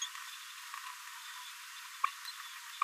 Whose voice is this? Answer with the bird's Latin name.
Forpus passerinus